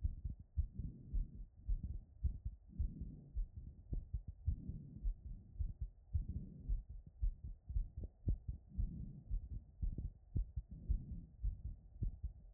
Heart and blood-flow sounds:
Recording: heart sounds by stethoscope after running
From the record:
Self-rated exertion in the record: light exertion (2 of 6)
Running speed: 5 mph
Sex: female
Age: 24 years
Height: 163 cm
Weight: 52 kg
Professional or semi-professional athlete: no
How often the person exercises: 1 to 2 times a week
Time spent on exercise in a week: under 1 hour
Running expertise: no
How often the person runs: 1 to 2 times a week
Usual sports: interval training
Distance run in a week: 5 km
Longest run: 3 km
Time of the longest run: 30 minutes

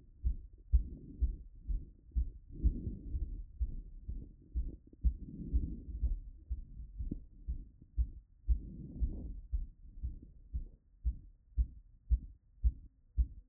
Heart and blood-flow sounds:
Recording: heart sounds by stethoscope after running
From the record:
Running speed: 7 mph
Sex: male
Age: 20 to 29 years

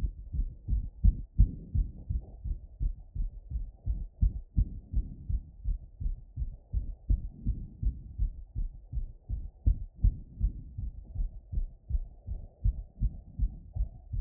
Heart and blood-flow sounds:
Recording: heart sounds by stethoscope after running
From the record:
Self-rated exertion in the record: light exertion (2 of 6)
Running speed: 8 mph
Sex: male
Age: 19 years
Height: 178 cm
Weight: 72 kg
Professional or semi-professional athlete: no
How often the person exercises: 3 to 5 times a week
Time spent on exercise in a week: 3 to 4 hours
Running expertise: no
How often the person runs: 3 to 5 times a week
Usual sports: running

